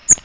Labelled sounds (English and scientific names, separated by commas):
Magnolia Warbler (Setophaga magnolia) flight call